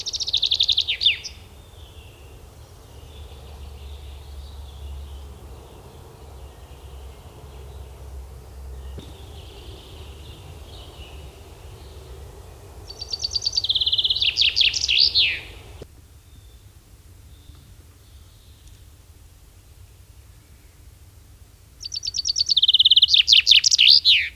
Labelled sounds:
Common Chaffinch song

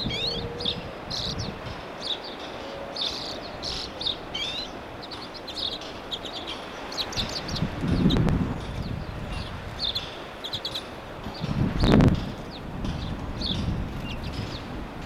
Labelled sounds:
Common Redpoll call

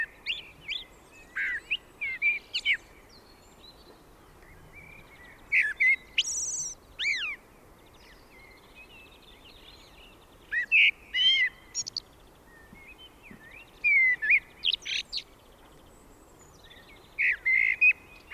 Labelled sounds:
Common Blackbird song

